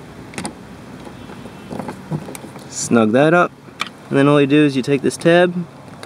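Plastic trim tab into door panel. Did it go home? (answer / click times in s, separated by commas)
no / none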